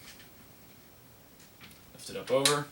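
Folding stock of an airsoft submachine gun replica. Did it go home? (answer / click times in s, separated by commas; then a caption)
no / none. The metal bars of the folding stock on a WELL R2 Skorpion AEP airsoft submachine gun replica are pushed together and the stock is moved toward its folded position, with soft handling rustles that grow louder near the end while someone talks. The stock has not yet been lifted over and clamped, and nothing has clicked.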